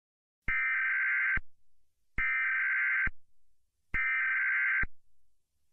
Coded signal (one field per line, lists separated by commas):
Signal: Emergency Alert System (SAME) tones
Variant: header bursts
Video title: EAS Scenario/Mock #2 - Black Hole Approach